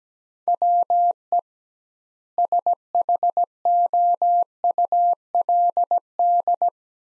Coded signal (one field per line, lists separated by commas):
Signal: Morse code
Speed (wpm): 17 wpm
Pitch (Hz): 700 Hz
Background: none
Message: WE SHOULD